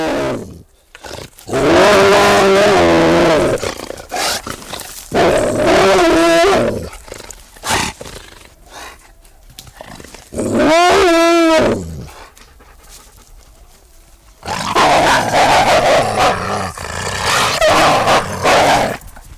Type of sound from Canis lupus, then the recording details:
aggressive call. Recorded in captivity. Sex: group. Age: adult. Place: Wildpark Schorfheide, Schorfheide, Brandenburg, DE. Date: 1999-07-25 18:27. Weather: fair, 27°C. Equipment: Sony WM-D6C, Sennheiser ME 80, Kopie Uher 4000 Report Monitor. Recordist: Tembrock, Günter